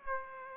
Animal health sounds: mosquito wingbeat signal from an infrared sensor; Aedes aegypti

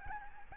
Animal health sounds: mosquito wingbeat signal from an infrared sensor; Aedes albopictus

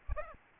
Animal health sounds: mosquito wingbeat signal from an infrared sensor; Aedes albopictus

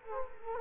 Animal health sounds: mosquito wingbeat signal from an infrared sensor; Culex quinquefasciatus

